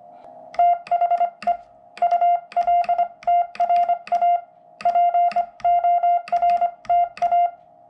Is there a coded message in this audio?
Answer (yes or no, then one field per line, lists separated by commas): yes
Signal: Morse code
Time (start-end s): 0.6-7.5 s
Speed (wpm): 25 wpm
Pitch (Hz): 700 Hz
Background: none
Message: THE ULTRA PORTA